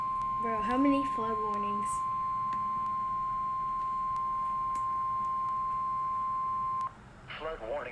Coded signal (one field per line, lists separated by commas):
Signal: Emergency Alert System (SAME) tones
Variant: 1050 Hz attention tone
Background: speech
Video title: River Flood Warning EAS #78